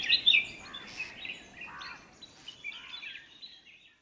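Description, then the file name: Bulbul calls: bright, chattering high chirps with a few lower slurred arched notes, loudest in the first half second, then trailing off into softer scattered notes. More than one bulbul, described as cheery. "Cheery Bulbuls"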